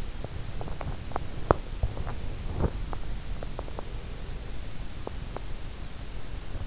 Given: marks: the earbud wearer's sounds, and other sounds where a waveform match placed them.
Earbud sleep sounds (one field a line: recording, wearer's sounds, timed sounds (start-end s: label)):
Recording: sounds in sleep by an in-ear microphone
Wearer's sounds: teeth grinding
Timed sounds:
0.00-5.56 s: teeth grinding